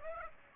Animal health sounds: mosquito wingbeat signal from an infrared sensor; Aedes aegypti

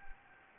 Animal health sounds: mosquito wingbeat signal from an infrared sensor; Anopheles gambiae

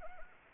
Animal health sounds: mosquito wingbeat signal from an infrared sensor; Anopheles arabiensis

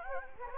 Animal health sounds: mosquito wingbeat signal from an infrared sensor; Anopheles gambiae

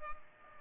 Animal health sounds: mosquito wingbeat signal from an infrared sensor; Culex pipiens

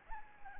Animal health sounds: mosquito wingbeat signal from an infrared sensor; Anopheles arabiensis

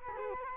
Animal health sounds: mosquito wingbeat signal from an infrared sensor; Culex quinquefasciatus

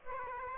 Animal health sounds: mosquito wingbeat signal from an infrared sensor; Aedes aegypti

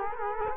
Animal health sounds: mosquito wingbeat signal from an infrared sensor; Culex quinquefasciatus

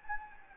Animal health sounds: mosquito wingbeat signal from an infrared sensor; Anopheles gambiae

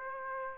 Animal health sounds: mosquito wingbeat signal from an infrared sensor; Aedes aegypti

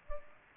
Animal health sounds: mosquito wingbeat signal from an infrared sensor; Culex pipiens

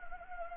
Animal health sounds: mosquito wingbeat signal from an infrared sensor; Anopheles gambiae

